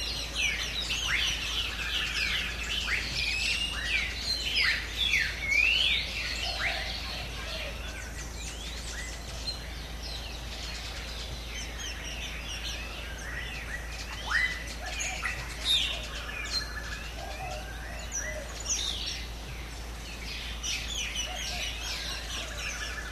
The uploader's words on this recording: Hear the rich sounds of the Mayan Jungle with this audio experience captured from the Yucatan Peninsula, dominated by the extraordinary variety of tropical birds found in this region. Mayan Jungle Sounds.